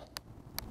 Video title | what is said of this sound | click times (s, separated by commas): Artificial Grass Bocce Ball With Drain Tiles - Avoid Common Installation Mistakes | light pressure you'll hear a little click | 0.2 s, 0.6 s